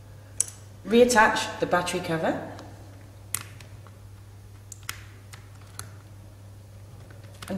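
A SIM card is inserted gold side down into the slot at the top of the battery compartment of a Thuraya IP satellite internet terminal and pressed in until it latches, giving a single sharp click at 0.4 s as it seats. Someone then talks, and a few fainter short taps follow around 3.3, 4.7–4.9, 5.8 and 7.4 s.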